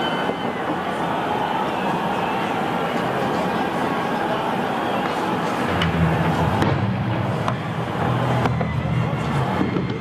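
Protest crowd sounds recorded in Belarus: a dense, steady wash of many voices talking at once. From about six seconds a low engine rumble joins in, and a few sharp knocks or clicks punctuate the last seconds.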